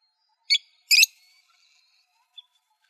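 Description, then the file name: Parrot calls: two harsh screeches in quick succession, the second longer and fuller, then near silence with one faint high note. "PFLB 3 deviche"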